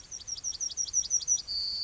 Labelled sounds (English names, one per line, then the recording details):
Yellowhammer song
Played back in grassland
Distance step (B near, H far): D
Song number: 152